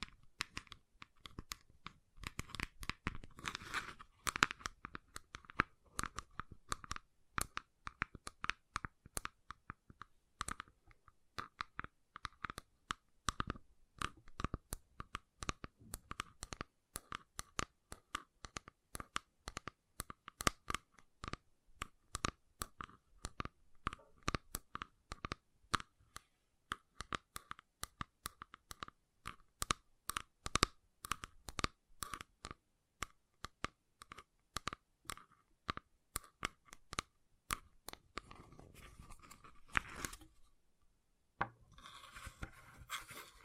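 Gentle tapping in quick, irregular bursts of crisp clicks and light knocks, dense through most of the clip with short pauses between runs. Near the end the taps thin out, giving way to a soft scratchy rustle and a brief silence.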